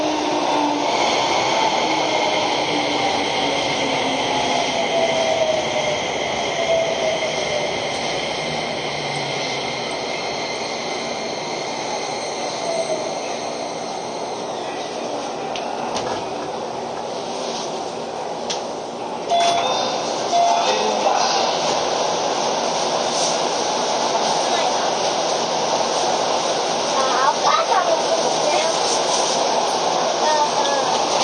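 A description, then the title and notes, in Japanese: A commuter train runs on a steady rail journey, its motors whining in bands that slide downward through the first fifteen seconds as it slows. After that the ride settles into an even hum with rumbling wheels, a brief clatter around nineteen seconds, and faint voices. 京王5000系 本八幡〜橋本。日中に運転が行われている都営新宿線 本八幡〜京王相模原線 橋本の運用を録音しました。都営新宿線は各停で京王線は区間急行となる。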